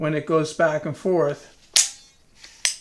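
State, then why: Seated. Someone talks, then the blade of a wooden experimental switchblade is slid back and forth, and a wooden spring on each side snaps into the end of the blade to lock it. Sharp clicks are heard at 1.8 s and 2.7 s, with a faint tick in between. Each click is the wooden spring latch seating in the blade end.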